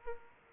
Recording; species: mosquito wingbeat signal from an infrared sensor; Aedes aegypti